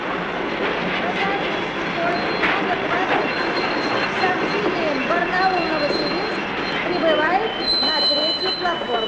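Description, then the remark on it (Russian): Passenger train number 27, on the Barnaul service, pulls into a station with a steady rumble and high, thin wheel squeals, while a crowd of voices murmurs underneath throughout. “Анфиса с ложкой в руке смотрит на прибывший поезд.”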